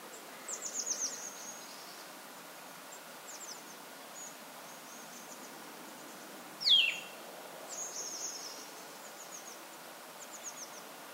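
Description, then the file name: Eurasian nuthatch call: a single loud, steeply falling note midway, surrounded by faint high ticking chips and soft background hiss. "Sitta europaea"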